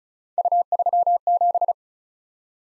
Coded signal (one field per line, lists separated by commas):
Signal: Morse code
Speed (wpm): 36 wpm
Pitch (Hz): 700 Hz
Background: none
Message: U37